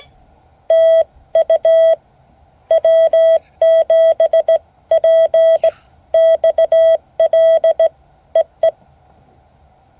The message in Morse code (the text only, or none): TU W7PXL EE